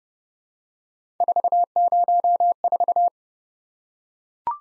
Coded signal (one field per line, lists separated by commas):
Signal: Morse code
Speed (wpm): 30 wpm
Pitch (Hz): 700 Hz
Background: none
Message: 404